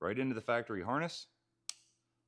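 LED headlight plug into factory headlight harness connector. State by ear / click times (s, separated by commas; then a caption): seated / 1.7 s. An LED headlight plug is pushed into a motorcycle's factory headlight wiring harness connector. Someone talks for about the first 1.3 seconds, then a single sharp snap at 1.7 s marks the connector seating into the harness.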